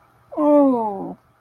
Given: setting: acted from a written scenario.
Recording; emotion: vocal sound without words; sympathy